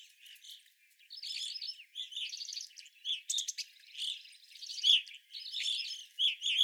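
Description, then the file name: Evening grosbeaks giving a stream of chirps and buzzy notes, several calls running together in loud overlapping bursts. Several birds recorded on 25 April 2021. "2021-04-25 Evening Grosbeaks"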